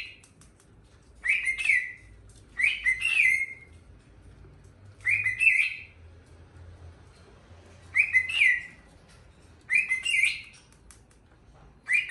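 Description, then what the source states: Cockatiel giving brief whistled and chirping bursts, repeated every couple of seconds over a quiet low hum. One-hour song recording made for training a pet cockatiel.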